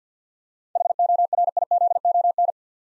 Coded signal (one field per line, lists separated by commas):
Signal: Morse code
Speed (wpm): 46 wpm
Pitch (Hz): 700 Hz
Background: none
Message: HORIZON